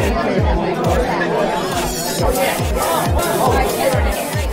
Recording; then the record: background sound without coughing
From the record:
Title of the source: Nightlife Party Simulating Party Club Noise 1 Hour